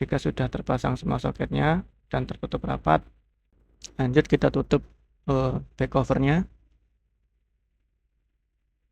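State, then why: Not seated. Someone talks while the plastic back cover of an Oppo A5 2020 smartphone is picked up and positioned over the phone's frame, lined up before being snapped on. After about 6.8 seconds the clip goes quiet, and nothing has been pressed, seated or clicked yet.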